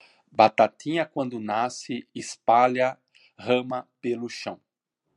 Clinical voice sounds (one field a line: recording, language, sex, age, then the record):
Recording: short text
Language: Brazilian Portuguese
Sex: male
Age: 50 to 59 years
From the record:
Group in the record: control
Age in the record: 59 years